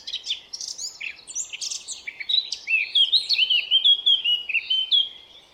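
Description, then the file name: Eurasian blackcap song: brisk scratchy warbling opening into a loud run of clear, fluty whistled notes, then fading. "Sylvia atricapilla"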